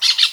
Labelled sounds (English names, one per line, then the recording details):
Brown-throated Parakeet contact call
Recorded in Venezuela
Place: Guárico; Corozopando; Fundo La Fe
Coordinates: 8.506, -67.593